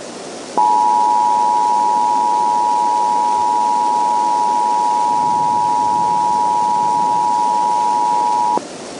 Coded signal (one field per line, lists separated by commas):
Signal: Emergency Alert System (SAME) tones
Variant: 853 and 960 Hz attention tone